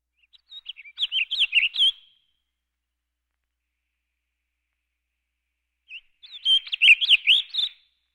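Warbling vireo singing two rapid, rolling warbled phrases of about two seconds each, separated by a four-second pause, with quick slurred up-and-down notes.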